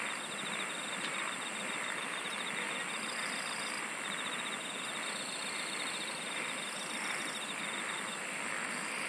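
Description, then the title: Insects chirp in overlapping pulsed trains at two or three pitches, above a constant high whine and a dense wash of hiss. "SINGING OF INSECTS"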